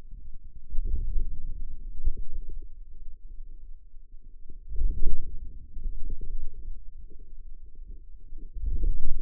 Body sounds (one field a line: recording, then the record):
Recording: forearm muscle sounds (acoustic myography)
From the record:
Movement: ulnar deviation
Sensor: system 2, bracelet of six BSWA MPA416 microphones around the upper forearm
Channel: 6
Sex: female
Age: 21 years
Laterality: right